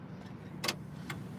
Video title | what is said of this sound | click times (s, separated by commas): Will We Catch A FISH Before Dark? | Just like that, clicks them in. | 0.7 s, 1.1 s